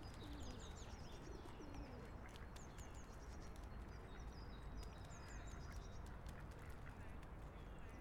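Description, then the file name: Birds chirp in quick high, descending notes, repeated often, over constant low rumbling background noise. Recorded in a park in Vienna. "Vienna Park with Bird Calls"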